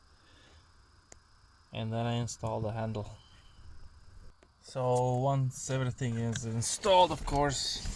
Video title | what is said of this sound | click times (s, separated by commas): BMW bonnet/hood lever predictive maintenance or fix. | close the flap, make sure it clicks, | 1.1 s